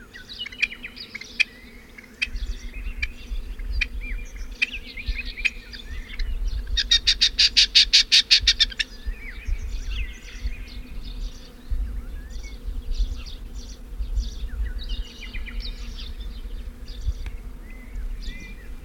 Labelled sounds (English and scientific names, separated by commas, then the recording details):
Rock Partridge (Alectoris graeca) call
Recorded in the wild
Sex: Männchen
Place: Melnik, Blagoewgrad, BG
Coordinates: 41.525, 23.392
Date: 1974-05-24 11:00
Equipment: Nagra III BH, Sennheiser MD 21, parabola
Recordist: Schubert, Michael